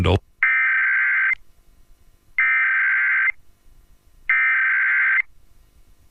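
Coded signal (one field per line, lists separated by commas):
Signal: Emergency Alert System (SAME) tones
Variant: header bursts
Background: speech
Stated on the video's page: 2011 national EAS test as aired on WCCO, a failed test.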